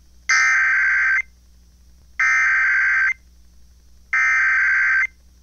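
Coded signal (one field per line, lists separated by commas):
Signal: Emergency Alert System (SAME) tones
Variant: header bursts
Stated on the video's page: Weekly EAS Required Weekly Test as received from a radio station.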